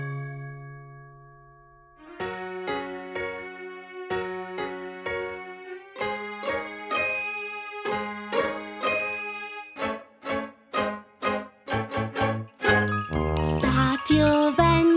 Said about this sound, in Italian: suona le campane, din don dan, din don dan.